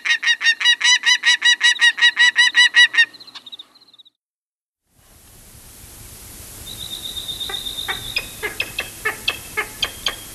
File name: Prairie Falcon